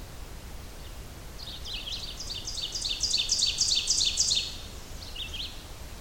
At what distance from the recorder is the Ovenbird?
about 20 m